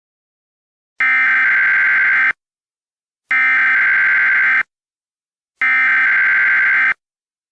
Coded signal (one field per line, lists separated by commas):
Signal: Emergency Alert System (SAME) tones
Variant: header bursts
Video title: EAS Scenario: The Genetic Code Part 5